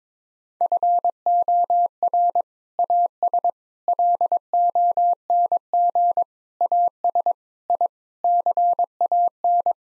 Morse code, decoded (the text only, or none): FOR AS LONG AS I CAN